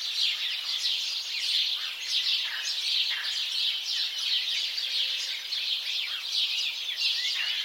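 House sparrow chirps from a dense flock, a continuous overlapping chatter of short high tweets, with a brief faint low tone midway.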